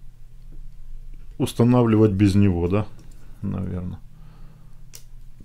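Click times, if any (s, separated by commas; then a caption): 5.0 s. A micro SIM or memory card is pushed into the spring-loaded, metal-framed card slot on a camera's black circuit board until it clicks into place. Someone talks from about 1.4 to 4.0 seconds, and then a sharp, short click is heard at 4.9 seconds as the card seats and locks.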